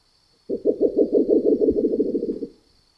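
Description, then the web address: Spectacled owl producing a quick, rhythmic burst of deep pulsing hoots lasting about two seconds, then fading away, against a thin constant high hiss. In the Neotropics. "neotropicheskaya ochkovaya sova"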